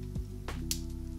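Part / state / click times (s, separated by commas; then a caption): folding pistol frame locking into open position / seated / 0.7 s. Both serrated tabs on a folded, card-style single-shot .22 pistol are gripped, and the metal and polymer frame is pushed forward into its open firing configuration over a steady low tonal hum. A soft sliding burst at about 0.5 s is followed by a sharp, bright locking click at 0.7 s, which shows the frame is locked open.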